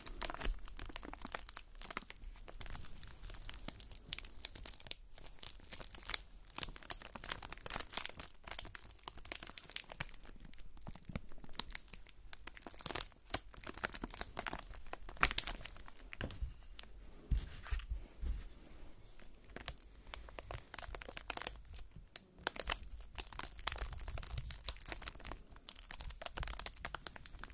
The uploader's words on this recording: ASMR Soap Carving. Relaxing soap cutting sounds.